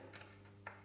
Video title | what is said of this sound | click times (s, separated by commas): Royal Enfield Classic 350 - Sky High on the abba Sky Lift | and it pops off without any trouble at all. That's it off. | 0.7 s